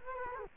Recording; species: mosquito wingbeat signal from an infrared sensor; Culex quinquefasciatus